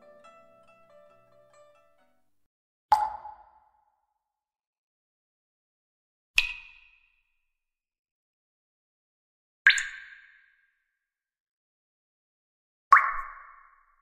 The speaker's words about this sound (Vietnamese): Tiếng nước nhỏ xuống đá vang lên bên tai.